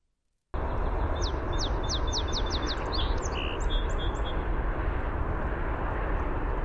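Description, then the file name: Song Sparrow song: a quick series of several sharp, repeated downslurred notes, then a jumble of varied chips and a short buzz, over steady low rumbling noise. "SOSP song"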